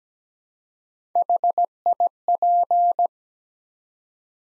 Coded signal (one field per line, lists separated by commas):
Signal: Morse code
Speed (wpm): 17 wpm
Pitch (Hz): 700 Hz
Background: none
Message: HIP